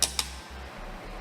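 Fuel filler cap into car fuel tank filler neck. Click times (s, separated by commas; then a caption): 0.2 s. A fuel tank filler cap is screwed closed into the filler neck of a new Honda car until its ratchet clicks at 0.2 s, following a similar sharp tick near 0.0 s, over a steady low hum. The click shows the cap is tightened fully shut; one click or several is fine.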